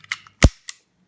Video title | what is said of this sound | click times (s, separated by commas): Modern Classics CZ52 7.62x25mm Tokarev pistol review Part 1 | okay little clicks | 0.4 s